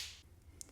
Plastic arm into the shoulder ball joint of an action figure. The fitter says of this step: Faz o clique.